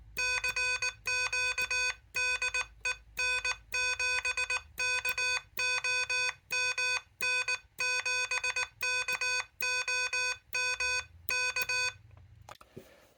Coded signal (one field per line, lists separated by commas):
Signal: Morse code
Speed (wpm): 19 wpm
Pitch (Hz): 2500 Hz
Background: none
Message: CQ DE N7KOM N7KOM K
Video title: What's the Best Paddle to Use with the Elecraft KH1?